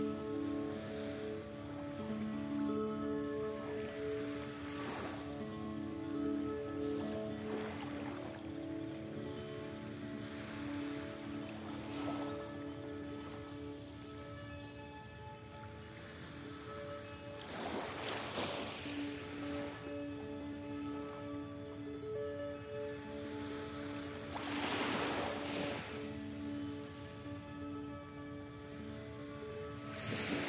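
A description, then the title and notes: Small ocean waves lap at the shore in soft bursts every few seconds, over a steady bed of sustained, ringing tones. South Bay Beach HK, 4am. Playing a lyre made by Andreas Lehman by the ocean. Tiny ocean waves lapping on the shore.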